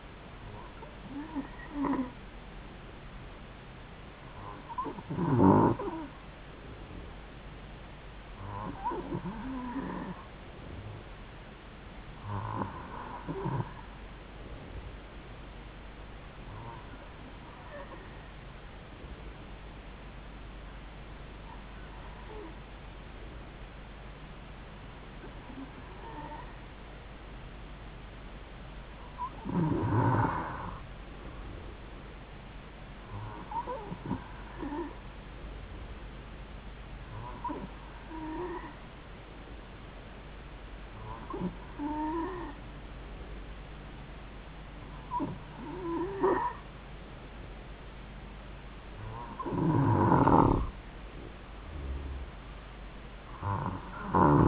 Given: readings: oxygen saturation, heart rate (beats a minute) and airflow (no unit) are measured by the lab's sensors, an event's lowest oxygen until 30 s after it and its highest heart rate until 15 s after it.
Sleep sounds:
breathing in sleep by a voice recorder at the bedside; none
none scored
From the record:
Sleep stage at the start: N2 (light sleep); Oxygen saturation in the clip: 91 to 93%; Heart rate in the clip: 69 to 73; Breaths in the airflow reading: 13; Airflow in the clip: -4.2 to 5.0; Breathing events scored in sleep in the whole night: 270 in 6.1 hours asleep

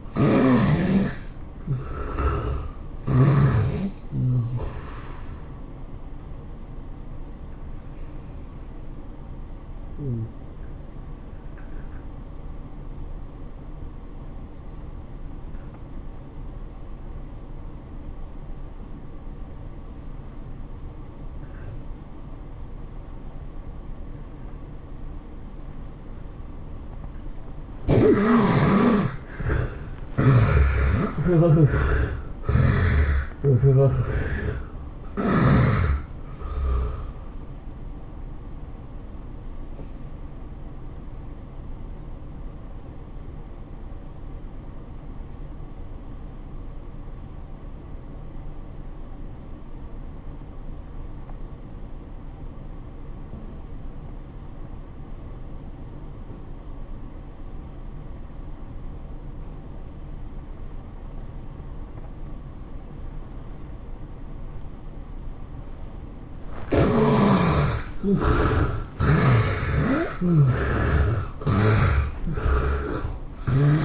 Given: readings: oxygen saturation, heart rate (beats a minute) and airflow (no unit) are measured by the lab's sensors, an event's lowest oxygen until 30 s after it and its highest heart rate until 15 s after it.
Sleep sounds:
a person awake in a sleep study, by a smartphone at the bedside; 2
0.00-3.00 s: awake
3.00-25.50 s: hypopnea (N1, oxygen 96% highest, then 75% lowest, heart rate 107 at the start, 107 highest)
27.00-73.85 s: awake
27.00-73.85 s: new sleep stage, awake
41.00-67.70 s: obstructive apnea (scored as awake, oxygen 95% highest, then 70% lowest, heart rate 99 at the start, 110 highest)
From the record:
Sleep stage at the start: N1 (lightest sleep); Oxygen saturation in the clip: 74 to 96%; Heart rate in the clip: 80 to 107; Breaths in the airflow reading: 11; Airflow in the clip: -12.2 to 13.2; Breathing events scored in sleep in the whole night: 403 in 5.5 hours asleep

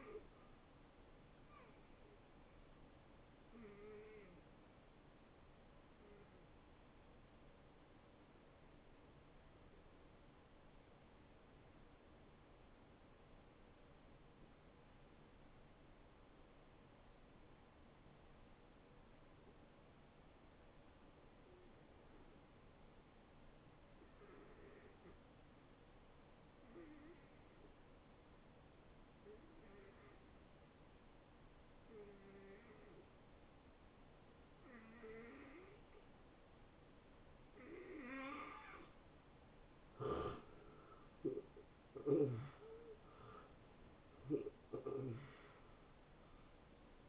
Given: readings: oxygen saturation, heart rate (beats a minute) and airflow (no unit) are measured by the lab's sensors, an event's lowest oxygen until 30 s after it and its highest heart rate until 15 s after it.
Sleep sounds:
breathing in sleep by a voice recorder at the bedside; 1
6.00-39.80 s: hypopnea (N1, oxygen 93% highest, then 79% lowest, heart rate 80 at the start, 83 highest)
9.00-39.00 s: new sleep stage, N2 (light sleep)
39.00-47.09 s: new sleep stage, N1 (lightest sleep)
From the record:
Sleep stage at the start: N1 (lightest sleep); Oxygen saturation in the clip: 81 to 93%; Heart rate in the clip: 61 to 83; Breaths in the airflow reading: 10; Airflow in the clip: -19.3 to 8.2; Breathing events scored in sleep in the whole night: 263 in 5.5 hours asleep

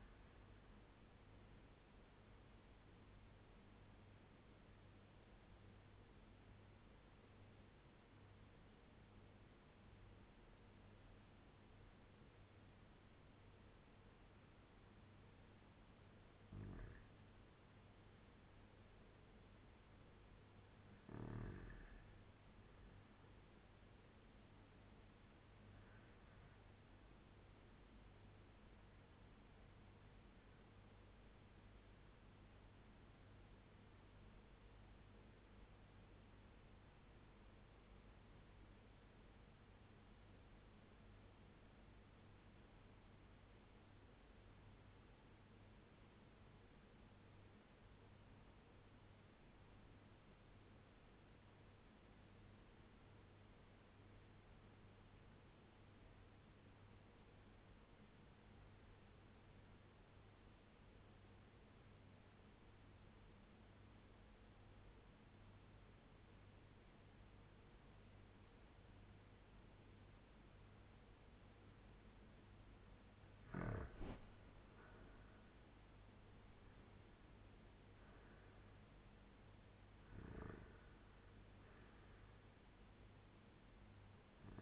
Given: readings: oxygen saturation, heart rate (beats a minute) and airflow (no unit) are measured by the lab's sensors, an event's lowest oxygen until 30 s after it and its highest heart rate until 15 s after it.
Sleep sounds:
breathing in sleep by a voice recorder at the bedside; 2
6.00-17.30 s: obstructive apnea (N1, oxygen 97% highest, then 95% lowest, heart rate 78 at the start, 86 highest)
31.00-73.00 s: obstructive apnea (N1, oxygen 96% highest, then 86% lowest, heart rate 79 at the start, 94 highest)
From the record:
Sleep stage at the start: N1 (lightest sleep); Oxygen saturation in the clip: 87 to 97%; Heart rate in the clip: 76 to 94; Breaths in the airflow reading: 5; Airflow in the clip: -10.4 to 7.1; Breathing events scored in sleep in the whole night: 201 in 6.5 hours asleep

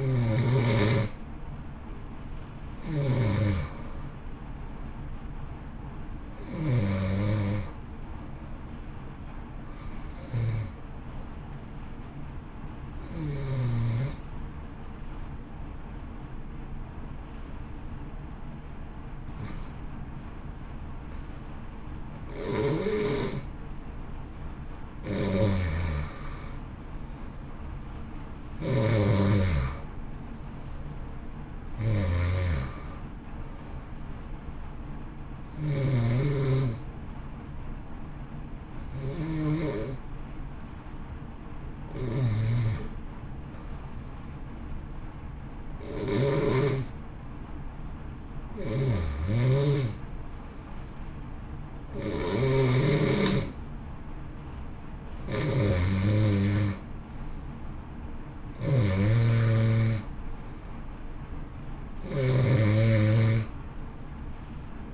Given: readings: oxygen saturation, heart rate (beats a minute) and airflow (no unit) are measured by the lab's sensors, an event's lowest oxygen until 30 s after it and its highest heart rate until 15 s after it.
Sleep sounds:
breathing in sleep by a smartphone at the bedside; 2
13.00-25.40 s: hypopnea (N1, oxygen 91% highest, then 85% lowest, heart rate 60 at the start, 63 highest)
16.00-64.94 s: new sleep stage, N2 (light sleep)
42.00-56.70 s: hypopnea (N2, oxygen 91% highest, then 88% lowest, heart rate 56 at the start, 63 highest)
From the record:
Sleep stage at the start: N1 (lightest sleep); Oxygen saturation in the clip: 85 to 91%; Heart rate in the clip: 56 to 63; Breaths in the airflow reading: 20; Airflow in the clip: -1.6 to 1.7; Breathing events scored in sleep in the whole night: 328 in 6.3 hours asleep

